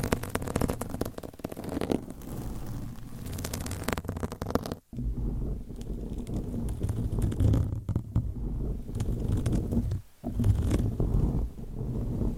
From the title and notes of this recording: ASMR Mic Scratching Brain Scratching with 50 DIFFERENT MICSCovers & Nails No Talking.